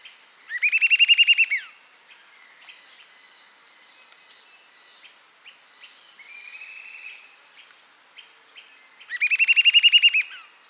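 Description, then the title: Eastern sirystes giving two rapid series of about ten clear whistled notes each, roughly eight seconds apart, over a steady high insect drone. Nominate subspecies Sirystes sibilator sibilator. "LuckyPassaro Completos2Sama. Eastern Sirystes (Sirystes sibilator sibilator)"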